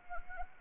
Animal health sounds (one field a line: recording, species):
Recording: mosquito wingbeat signal from an infrared sensor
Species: Anopheles arabiensis